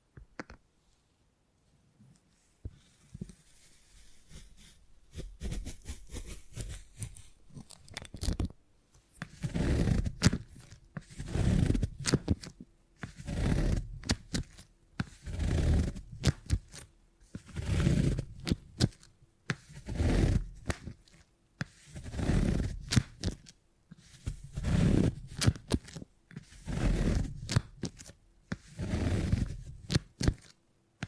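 Beeswax being handled in crinkly, sticky bursts that grow denser after ten seconds, repeating in regular swells with soft scraping between them.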